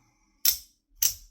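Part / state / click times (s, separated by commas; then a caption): OTF knife blade into its locking mechanism / seated / 1.0 s. An out-the-front knife's blade, thrown off track, is reset by pulling on its slider. A sharp snap sounds at 0.5 s, then the blade clicks back into its locking mechanism at 1.0 s, and it is seated and ready to use again.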